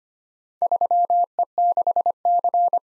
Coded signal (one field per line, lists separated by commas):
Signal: Morse code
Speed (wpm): 25 wpm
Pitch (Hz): 700 Hz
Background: none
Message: 3E6C